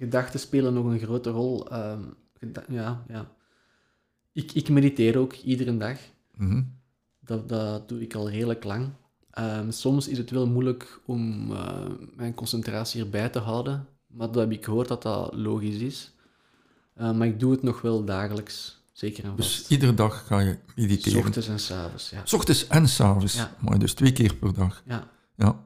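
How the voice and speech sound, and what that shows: Dutch speech from a 28-year-old man, an officer and flight commander in the Belgian army, with word repetitions, drawn-out sounds and frequent 'ehm' fillers, consistent with mild stuttering; a second voice briefly responds.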